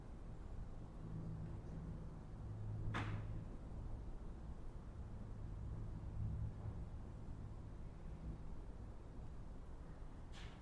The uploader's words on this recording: Mausoleum - Piedmont, CA. Zoom H6 XY Stereo Mic Capsule. Unbranded Mini Mic Stand. Magnetic Microphone Mounts.